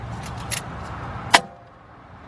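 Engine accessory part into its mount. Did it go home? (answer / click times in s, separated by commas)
yes / 1.4 s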